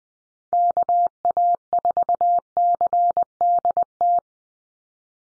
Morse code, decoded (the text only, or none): KA4CDT